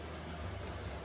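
A small metal retaining clip is pushed onto the shifter linkage pin, where the pin's hole is, during a bushing fix for a sloppy shifter on a 1988–2000 Honda Civic or Acura Integra. Over a steady broadband hiss and low hum, a single short, sharp click sounds at 0.7 s as the clip snaps into place on the pin, confirming it is seated.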